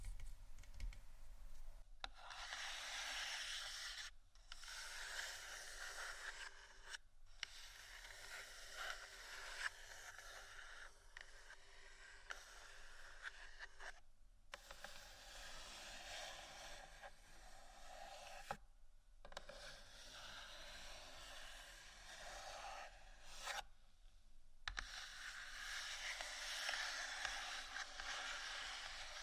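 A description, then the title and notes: Scratching and tapping on assorted objects. Dense, bright scraping comes in bursts of a few seconds, broken by brief silences near 2, 4, 7, 14, 18 and 24 seconds, with faint low hum underneath throughout. ASMR Scratchtap On Various Items （No Talking）.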